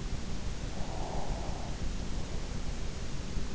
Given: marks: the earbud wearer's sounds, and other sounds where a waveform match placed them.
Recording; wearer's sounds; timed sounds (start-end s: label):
sounds in sleep by an in-ear microphone; breath
0.25-3.28 s: breath